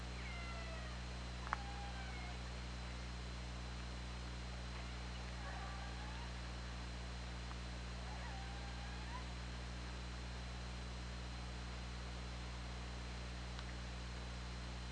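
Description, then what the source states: Killer whale calls, a series of tonal notes with faint harmonics in the first half, then quieter, all over steady low hum and hiss. OrcaLab hydrophone recording, 24 August 2017, 20:58.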